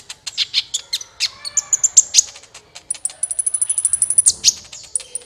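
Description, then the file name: Olive-backed Sunbird song: a run of quick high chirps, then a thin, sustained very high whistled note broken into rapid pulses. "suara kolibri ninja"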